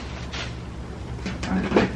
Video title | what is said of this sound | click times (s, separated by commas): Ebikes, One Wheels or Scooters? The Best Way for Sailors to get Around on Land- Ep 35 - Sailing TSB | that clicks in place and that's what's up | 1.4 s